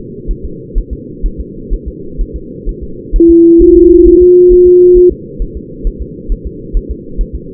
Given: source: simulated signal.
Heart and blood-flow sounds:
fetal heart sounds
0.31 s: S1
0.45 s: S2
0.78 s: S1
0.93 s: S2
1.26 s: S1
1.41 s: S2
1.74 s: S1
1.88 s: S2
2.21 s: S1
2.36 s: S2
2.69 s: S1
2.84 s: S2
3.16 s: S1
3.31 s: S2
3.62 s: S1
3.77 s: S2
4.08 s: S1
4.22 s: S2
4.53 s: S1
4.67 s: S2
4.97 s: S1
5.12 s: S2
5.42 s: S1
5.57 s: S2
5.87 s: S1
6.02 s: S2
6.32 s: S1
6.47 s: S2
6.77 s: S1
6.91 s: S2
7.21 s: S1
7.36 s: S2
From the record:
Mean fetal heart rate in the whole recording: 130 bpm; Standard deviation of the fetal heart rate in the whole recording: 4 bpm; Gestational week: 38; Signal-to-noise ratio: -4.3 dB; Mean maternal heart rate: 72 bpm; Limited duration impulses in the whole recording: present

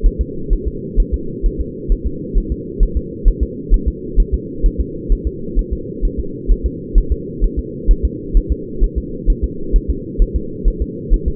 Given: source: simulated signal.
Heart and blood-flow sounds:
fetal heart sounds
0.06 s: S1
0.21 s: S2
0.53 s: S1
0.68 s: S2
1.00 s: S1
1.14 s: S2
1.46 s: S1
1.61 s: S2
1.92 s: S1
2.06 s: S2
2.38 s: S1
2.52 s: S2
2.83 s: S1
2.97 s: S2
3.28 s: S1
3.43 s: S2
3.74 s: S1
3.88 s: S2
4.20 s: S1
4.34 s: S2
4.66 s: S1
4.81 s: S2
5.12 s: S1
5.27 s: S2
5.59 s: S1
5.73 s: S2
6.05 s: S1
6.20 s: S2
6.51 s: S1
6.66 s: S2
6.98 s: S1
7.12 s: S2
7.44 s: S1
7.59 s: S2
7.91 s: S1
8.05 s: S2
8.37 s: S1
8.52 s: S2
8.84 s: S1
8.98 s: S2
9.30 s: S1
9.44 s: S2
9.76 s: S1
9.90 s: S2
10.22 s: S1
10.36 s: S2
10.68 s: S1
10.82 s: S2
11.14 s: S1
11.28 s: S2
From the record:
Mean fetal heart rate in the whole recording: 130 bpm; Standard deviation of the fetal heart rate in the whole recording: 2 bpm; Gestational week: 38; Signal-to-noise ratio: -4.3 dB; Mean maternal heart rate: 72 bpm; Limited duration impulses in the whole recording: absent

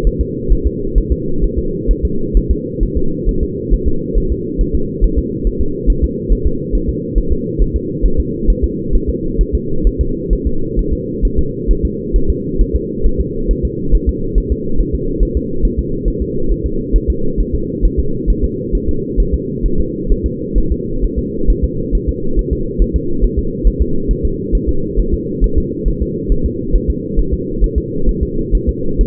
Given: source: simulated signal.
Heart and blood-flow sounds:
fetal heart sounds
0.07 s: S1
0.21 s: S2
0.52 s: S1
0.66 s: S2
0.98 s: S1
1.12 s: S2
1.44 s: S1
1.58 s: S2
1.91 s: S1
2.05 s: S2
2.37 s: S1
2.51 s: S2
2.83 s: S1
2.97 s: S2
3.29 s: S1
3.43 s: S2
3.73 s: S1
3.88 s: S2
4.18 s: S1
4.32 s: S2
4.61 s: S1
4.75 s: S2
5.04 s: S1
5.18 s: S2
5.47 s: S1
5.61 s: S2
5.90 s: S1
6.04 s: S2
6.32 s: S1
6.47 s: S2
6.75 s: S1
6.89 s: S2
7.18 s: S1
7.32 s: S2
7.62 s: S1
7.76 s: S2
8.06 s: S1
8.20 s: S2
8.50 s: S1
8.64 s: S2
8.95 s: S1
9.09 s: S2
9.41 s: S1
9.55 s: S2
9.87 s: S1
10.01 s: S2
10.33 s: S1
10.47 s: S2
10.79 s: S1
10.93 s: S2
11.25 s: S1
11.39 s: S2
11.71 s: S1
11.85 s: S2
12.16 s: S1
12.30 s: S2
12.61 s: S1
12.75 s: S2
13.06 s: S1
13.20 s: S2
13.51 s: S1
13.65 s: S2
13.95 s: S1
14.09 s: S2
14.38 s: S1
14.52 s: S2
14.80 s: S1
14.94 s: S2
15.23 s: S1
15.37 s: S2
15.65 s: S1
15.79 s: S2
16.08 s: S1
16.22 s: S2
16.51 s: S1
16.66 s: S2
16.96 s: S1
17.10 s: S2
17.40 s: S1
17.54 s: S2
17.85 s: S1
17.99 s: S2
18.30 s: S1
18.44 s: S2
18.75 s: S1
18.89 s: S2
19.20 s: S1
19.34 s: S2
19.66 s: S1
19.80 s: S2
20.12 s: S1
20.26 s: S2
20.58 s: S1
20.72 s: S2
21.04 s: S1
21.19 s: S2
21.50 s: S1
21.64 s: S2
21.95 s: S1
22.09 s: S2
22.39 s: S1
22.53 s: S2
22.82 s: S1
22.96 s: S2
23.25 s: S1
23.39 s: S2
23.67 s: S1
23.81 s: S2
24.11 s: S1
24.25 s: S2
24.55 s: S1
24.69 s: S2
25.00 s: S1
25.14 s: S2
25.44 s: S1
25.58 s: S2
25.88 s: S1
26.02 s: S2
26.32 s: S1
26.46 s: S2
26.75 s: S1
26.90 s: S2
27.19 s: S1
27.33 s: S2
27.64 s: S1
27.78 s: S2
28.09 s: S1
28.23 s: S2
28.55 s: S1
28.69 s: S2
29.01 s: S1
From the record:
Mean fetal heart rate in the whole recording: 135 bpm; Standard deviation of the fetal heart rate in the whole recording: 3 bpm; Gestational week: 36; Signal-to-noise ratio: -8.1 dB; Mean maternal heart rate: 72 bpm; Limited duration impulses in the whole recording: absent

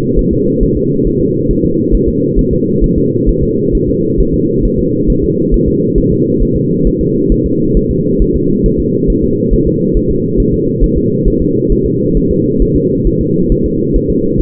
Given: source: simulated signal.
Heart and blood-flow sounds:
fetal heart sounds
0.19 s: S1
0.33 s: S2
0.63 s: S1
0.77 s: S2
1.07 s: S1
1.21 s: S2
1.51 s: S1
1.65 s: S2
1.94 s: S1
2.08 s: S2
2.39 s: S1
2.53 s: S2
2.84 s: S1
2.98 s: S2
3.29 s: S1
3.43 s: S2
3.75 s: S1
3.89 s: S2
4.20 s: S1
4.34 s: S2
4.65 s: S1
4.79 s: S2
5.10 s: S1
5.24 s: S2
5.54 s: S1
5.68 s: S2
5.98 s: S1
6.12 s: S2
6.42 s: S1
6.56 s: S2
6.87 s: S1
7.01 s: S2
7.32 s: S1
7.46 s: S2
7.77 s: S1
7.91 s: S2
8.22 s: S1
8.36 s: S2
8.66 s: S1
8.80 s: S2
9.10 s: S1
9.24 s: S2
9.53 s: S1
9.67 s: S2
9.97 s: S1
10.11 s: S2
10.40 s: S1
10.54 s: S2
10.84 s: S1
10.97 s: S2
11.28 s: S1
11.42 s: S2
11.72 s: S1
11.86 s: S2
12.17 s: S1
12.31 s: S2
12.62 s: S1
12.76 s: S2
13.07 s: S1
13.21 s: S2
13.52 s: S1
13.66 s: S2
13.96 s: S1
14.10 s: S2
14.41 s: S1
From the record:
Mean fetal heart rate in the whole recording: 135 bpm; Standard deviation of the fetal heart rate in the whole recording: 3 bpm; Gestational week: 36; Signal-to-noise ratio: -11.2 dB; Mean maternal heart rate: 72 bpm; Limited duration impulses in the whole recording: present

